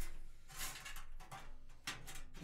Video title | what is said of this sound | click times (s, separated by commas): Stream PC Build (PC) #TheContingency | should easily pop into place. There we go. | 1.9 s